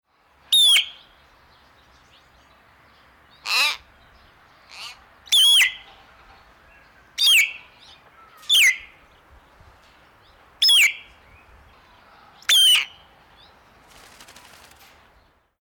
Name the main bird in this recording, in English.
Common Hill Myna